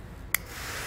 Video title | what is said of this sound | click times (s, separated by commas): Setting up the T-One Vehicle Wiring Harness with 7-Way Trailer Connector on your 2019 Ford Explorer | we should hear it click into place when we have it successfully secured well | 0.3 s